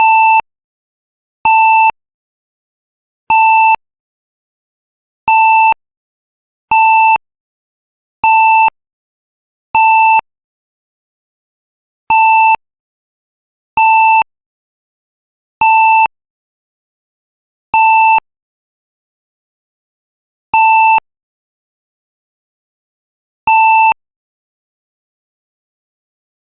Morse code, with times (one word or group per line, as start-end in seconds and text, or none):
none